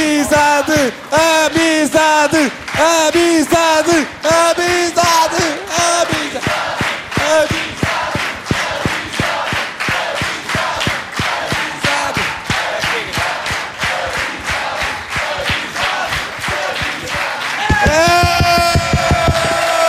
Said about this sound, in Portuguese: Basicamente, vamos ter que gritar amizade. Durante 30 segundos, atenção.